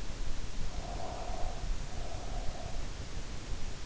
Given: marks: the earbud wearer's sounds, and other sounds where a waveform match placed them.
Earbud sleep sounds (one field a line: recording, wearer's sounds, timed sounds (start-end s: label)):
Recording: sounds in sleep by an in-ear microphone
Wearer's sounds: breath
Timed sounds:
0.59-3.03 s: breath